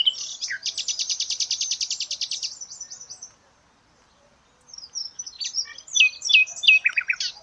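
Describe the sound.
Bird trilling fast and evenly for about two seconds, then after a silent pause a run of varied sharp chirps and slurred notes.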